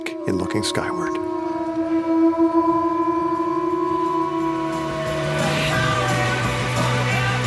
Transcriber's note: soundbite of wolves howling